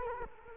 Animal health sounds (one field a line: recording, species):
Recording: mosquito wingbeat signal from an infrared sensor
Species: Culex quinquefasciatus